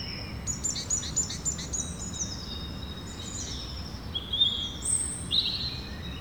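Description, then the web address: Several birds twitter and whistle in short high bursts, with sharper chirps near the end, against a constant low background hum. Birds recorded in the evening. "Effects 02-Birds, Insects Animals. Birds evening"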